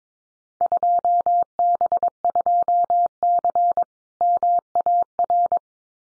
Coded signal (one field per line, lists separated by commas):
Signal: Morse code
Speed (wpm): 22 wpm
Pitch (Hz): 700 Hz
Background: none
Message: 2B2C MAR